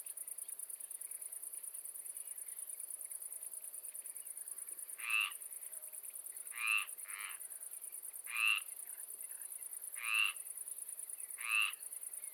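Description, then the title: Frog giving brief raspy croaks roughly every one and a half to two seconds after a quiet start, with continuous high-pitched insect buzzing behind. Calm evening between swamps and fields in the Marais poitevin, France; insects also audible; recorded with a Zoom H4n internal XY microphone. "Marais poitevin, France - Swamp calm evening landscape , frog"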